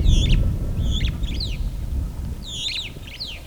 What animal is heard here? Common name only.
Superb Starling